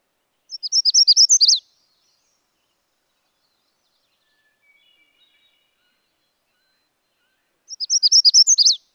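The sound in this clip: Magnolia warbler song: a short, high, sweet phrase of quick slurred notes, given twice about seven seconds apart, with a few faint soft notes between.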